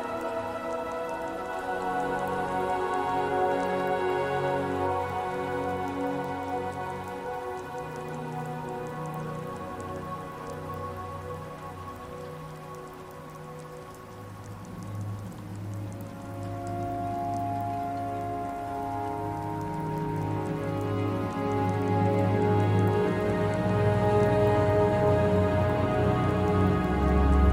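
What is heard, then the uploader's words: Rainy ambience with music: a soft, steady patter of rain runs throughout beneath sustained, layered tones that hold long notes and shift slowly. Around the midpoint the music thins, then swells again with fuller low notes, growing louder toward the end. Music & Ambience - Rainy Solstheim.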